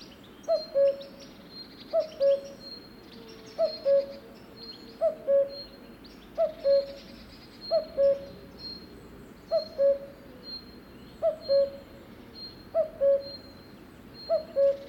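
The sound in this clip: Cuckoo giving its falling two-note cu-coo over and over, while faint high bird notes sound in the background.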